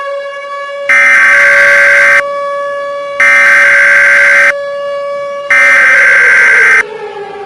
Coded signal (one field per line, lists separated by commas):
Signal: Emergency Alert System (SAME) tones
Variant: header bursts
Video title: The Snow Tornado (EAS scenario #2)